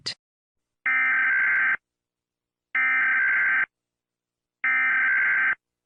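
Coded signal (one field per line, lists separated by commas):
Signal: Emergency Alert System (SAME) tones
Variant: header bursts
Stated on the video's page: Fictional Texas fire EAS scenario; no real event portrayed.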